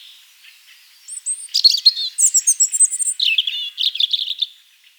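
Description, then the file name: European robin song: thin, high whistles leading into a fast, warbling mix of chirps and lower trilled notes. "Erithacus rubecula"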